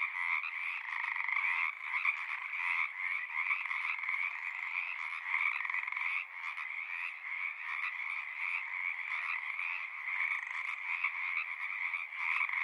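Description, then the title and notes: Pacific tree frog chorus, many callers trilling and croaking together in a steady, unbroken pulsing din throughout. Wild chorus at ponds in Seattle, Washington; species lives in large raucous communities; recorded with a portable recorder and ORTF microphone pair. "One local community here in Seattle is located in the Frog Ponds of Magnusson Park"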